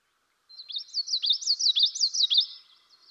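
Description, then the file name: Common yellowthroat song, a rapid run of several repeated high, rolling phrases lasting about two seconds. "dan gibsons solitudes common yellowthroat"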